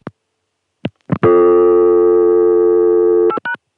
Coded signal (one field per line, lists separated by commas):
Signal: telephone call progress tone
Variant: North America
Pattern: dial tone